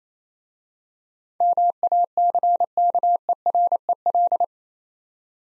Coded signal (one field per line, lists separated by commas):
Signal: Morse code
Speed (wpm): 29 wpm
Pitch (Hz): 700 Hz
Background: none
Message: MACKEREL